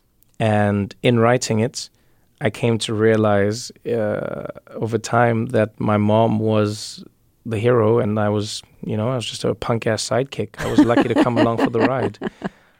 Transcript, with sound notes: And in writing it, I came to realize over time that my mom was the hero. And I was, you know - I was just her punk-ass sidekick.
(Laughter).
I was lucky to come along for the ride.